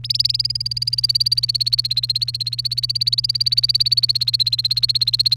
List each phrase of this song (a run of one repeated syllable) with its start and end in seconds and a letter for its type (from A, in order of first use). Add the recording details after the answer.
0.04-5.36 A. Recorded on 1 May 2018 at 11:34. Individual llb3